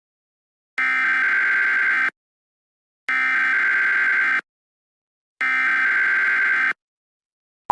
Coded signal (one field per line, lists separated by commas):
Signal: Emergency Alert System (SAME) tones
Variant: header bursts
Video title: EAS SCENARIO #8 - Countries are Disappearing!